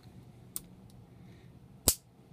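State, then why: Seated. The small thumb safety lever on a compact Sig Sauer P238 HDW pistol frame is flicked with the thumb, giving two sharp clicks at 0.6 s and 1.9 s, with a faint tick around 0.9 s in between. Each time, the safety snaps firmly into its detent with a tactile, audible click.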